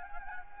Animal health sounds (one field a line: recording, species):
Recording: mosquito wingbeat signal from an infrared sensor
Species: Anopheles gambiae